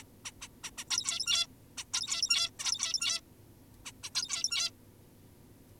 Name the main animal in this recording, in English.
Zebra Finch